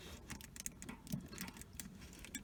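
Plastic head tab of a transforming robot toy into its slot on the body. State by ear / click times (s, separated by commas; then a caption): not seated / none. The plastic head of a Fans Toys Magnum transforming robot toy is handled during conversion, with the small tab at its front being brought toward its slot on the body. Light plastic ticks and rattles are heard, with sharper taps near 0.7 s and 1.8 s. Nothing has seated or clicked into place yet.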